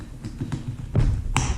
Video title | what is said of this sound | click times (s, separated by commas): Installing a Gopro Mount and Microphone on my Harley Davidson 3 in 1 Pilots Helmet | Okay, so now it's snapped right in. | 1.4 s